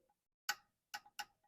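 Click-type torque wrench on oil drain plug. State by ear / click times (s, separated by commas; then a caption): torque reached / 0.5 s. A click-type torque wrench with a 17 mm deep-well socket, set to 29 ft-lb, tightens the drain plug on the oil pan of a 2013 Honda CR-V. The wrench gives a sharp click at 0.5 s, followed by two softer ticks at about 0.9 s and 1.2 s. The click confirms the drain plug has reached the set torque.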